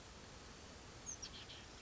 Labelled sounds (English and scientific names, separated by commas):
Oak Titmouse (Baeolophus inornatus)